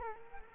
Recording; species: mosquito wingbeat signal from an infrared sensor; Culex quinquefasciatus